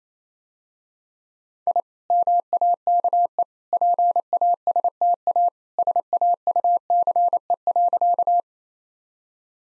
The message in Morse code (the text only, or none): I MAKE PASTA SAUCE.